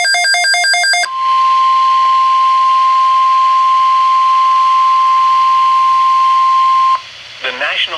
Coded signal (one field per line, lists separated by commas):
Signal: Emergency Alert System (SAME) tones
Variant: 1050 Hz attention tone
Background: speech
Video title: Flash Flood Watch for the Remnants of Tropical Storm Harvey (EAS #279)